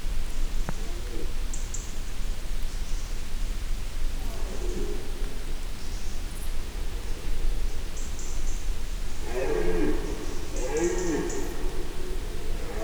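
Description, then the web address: Red deer roar: a brief moan midway, then a burst of loud, harmonic groaning roars toward the end, all against steady wind rumble. Male red deer roaring in nature, recorded in 2016; wind also noted. "allathangok termeszetben gimszarvas 2016 madarak legaramlas bogobikak"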